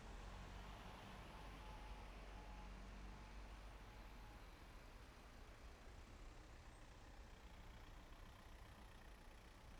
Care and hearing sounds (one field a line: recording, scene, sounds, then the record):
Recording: everyday scene through a hearing-aid microphone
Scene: in traffic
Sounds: traffic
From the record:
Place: main road on the outskirts, rush hour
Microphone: behind the ear, right, front